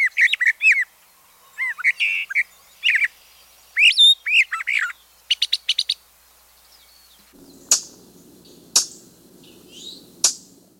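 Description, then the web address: Brown thrasher song: varied short phrases of rich whistles, chirps and buzzy clicks, often paired, then a few sharp loud smacking notes over a low hum. Chicago region. "Birds of the Chicago Region. Brown Thrasher"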